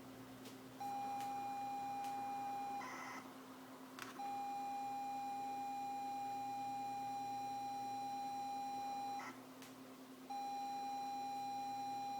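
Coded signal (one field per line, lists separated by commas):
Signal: ZX Spectrum tape loading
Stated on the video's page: ZX Spectrum turbo-loading tape audio played from PZX files on a ZX-Uno without an external audio source.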